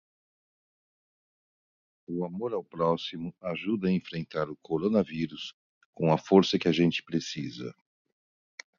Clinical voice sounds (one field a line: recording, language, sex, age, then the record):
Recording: spoken sentence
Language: Brazilian Portuguese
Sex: male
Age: 60 to 69 years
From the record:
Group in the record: control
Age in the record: 65 years